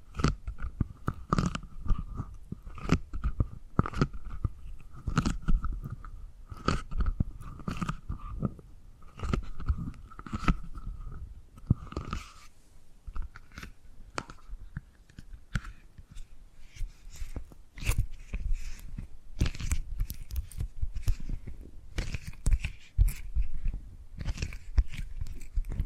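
Tapping and gripping sounds: sharp, dry taps fall in quick irregular clusters across the whole stretch, with crunchy, chewing-like rustles between them. A faint steady mid-pitched tone runs underneath for roughly the first twelve seconds, then fades out.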